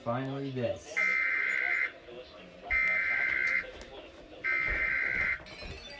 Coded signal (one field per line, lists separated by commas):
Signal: Emergency Alert System (SAME) tones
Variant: header bursts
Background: speech